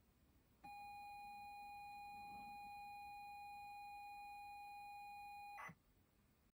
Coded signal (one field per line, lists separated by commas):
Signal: ZX Spectrum tape loading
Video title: Me on my ZX Spectrum